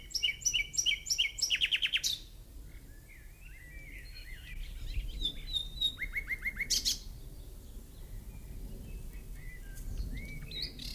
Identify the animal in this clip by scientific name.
Luscinia megarhynchos